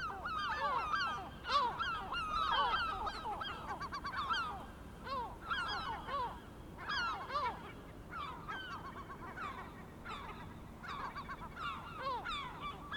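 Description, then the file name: Gulls calling in a dense chorus of harsh, downslurred squealing cries, many birds overlapping almost continuously. Several gulls, recorded 23 May 2004. "Mouettes 040523"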